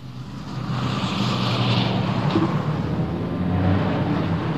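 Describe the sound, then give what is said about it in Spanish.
A steady, dense roar of heavy traffic, hundreds of cars blending into a continuous low rumble with a hissing wash of tire noise, unbroken and fairly loud, with no voices. “Cientos de coches.”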